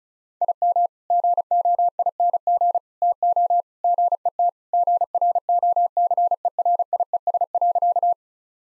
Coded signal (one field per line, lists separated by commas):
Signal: Morse code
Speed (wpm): 36 wpm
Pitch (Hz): 700 Hz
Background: none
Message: IM GOING TO GET GROCERIES.